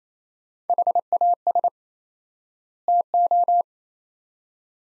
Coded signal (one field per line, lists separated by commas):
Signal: Morse code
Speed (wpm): 27 wpm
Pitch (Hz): 700 Hz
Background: none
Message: HAS TO